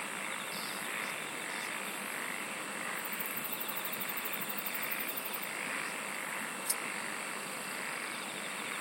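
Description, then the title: Insect chorus of faint rapid pulsing high trills over steady hiss, with one short sharp click late on. "SINGING OF INSECTS"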